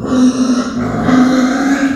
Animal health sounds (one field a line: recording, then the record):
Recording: squeal of a Yucatan mini pig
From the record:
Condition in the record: after surgery on the right vocal fold (resection and tissue-engineered implant)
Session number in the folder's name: 9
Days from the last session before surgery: 65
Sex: female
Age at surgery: 19 weeks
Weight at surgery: 25 kg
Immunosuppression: prednisolone